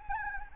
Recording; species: mosquito wingbeat signal from an infrared sensor; Anopheles arabiensis